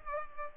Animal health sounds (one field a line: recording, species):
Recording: mosquito wingbeat signal from an infrared sensor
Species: Culex pipiens